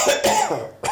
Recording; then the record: coughing mixed with background sound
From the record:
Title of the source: Mid-morning Winter Coughing Fit